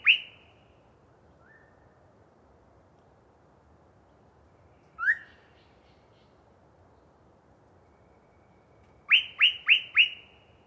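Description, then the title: Yellow-breasted chat song: a single rising whistle, a softer lower note, another lone upslurred whistle, then a rapid run of four sweeping notes. Long pre-dawn song bout from a particularly vocal bird in deciduous cover. "A Very Chatty Yellow-breasted Chat"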